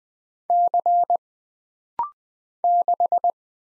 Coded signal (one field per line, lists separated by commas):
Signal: Morse code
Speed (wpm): 20 wpm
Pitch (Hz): 700 Hz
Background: none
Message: C 6